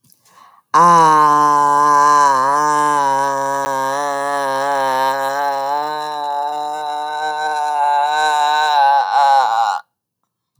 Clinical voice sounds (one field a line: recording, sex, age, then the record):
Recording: vowel held as long as possible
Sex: female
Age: 50 to 59 years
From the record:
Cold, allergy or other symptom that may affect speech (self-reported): no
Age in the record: 52 years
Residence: California, United States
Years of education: 16